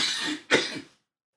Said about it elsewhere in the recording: You can hear we're all coughing good from it.